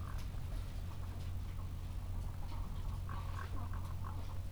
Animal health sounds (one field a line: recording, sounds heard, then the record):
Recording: poultry house recording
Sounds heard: sick chickens (respiratory disease)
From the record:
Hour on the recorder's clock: 14